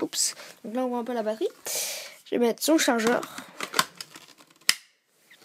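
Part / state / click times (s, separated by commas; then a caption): magazine into airsoft rifle replica / seated / 4.7 s. Someone talks, then a magazine is inserted into an airsoft rifle replica, with light handling clicks along the way. A sharp plastic click at 4.7 seconds locks the magazine home, and it is seated.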